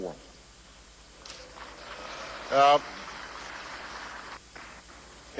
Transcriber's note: applause